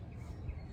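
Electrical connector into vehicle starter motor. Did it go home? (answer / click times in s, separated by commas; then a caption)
no / none. An electrical connector is being wiggled and handled on the starter motor of a 2010 Chrysler Town & Country minivan during installation of a new starter. Only low rumbling handling noise is heard, with a faint short tick near the end. Nothing has seated or clicked yet.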